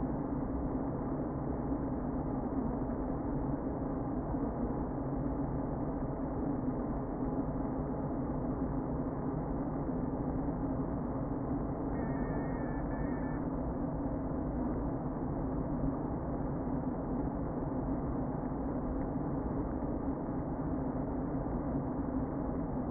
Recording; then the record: honeybee colony, microphone inside the hive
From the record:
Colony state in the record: queen present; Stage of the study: before two queens were removed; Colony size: about 60,000 bees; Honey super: yes